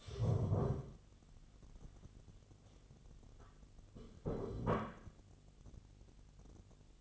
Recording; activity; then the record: daily activity, microphone in the room; stand up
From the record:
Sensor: 4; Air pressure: 1016.1 hPa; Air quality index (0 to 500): 191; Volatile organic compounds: 9 ppm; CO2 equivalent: 2176 ppm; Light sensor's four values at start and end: 9/20/8/7 and 9/19/8/7